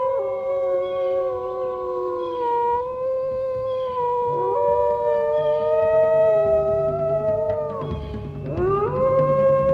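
Several wolves howl together in long, overlapping tones that slide slowly up and down in pitch, one voice breaking off and a new rising howl joining near the end, steady and fairly loud.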